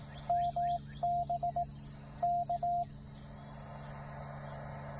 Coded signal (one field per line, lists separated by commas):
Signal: Morse code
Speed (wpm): 18 wpm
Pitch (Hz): 700 Hz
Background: music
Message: MB K